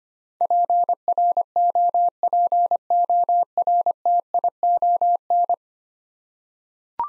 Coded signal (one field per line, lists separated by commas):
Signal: Morse code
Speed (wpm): 25 wpm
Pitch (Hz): 700 Hz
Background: none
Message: PROPORTION